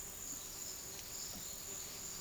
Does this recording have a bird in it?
no